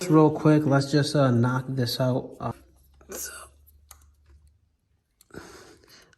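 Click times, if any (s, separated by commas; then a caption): 5.2 s. While installing an aftermarket Chimera intake on a 2024 Honda Grom small motorcycle, someone talks and then pushes the plastic sensor extension harness connector into its mating plug on the intake. A sharp snap is heard at 5.2 s, and the connector is seated, snapped in place.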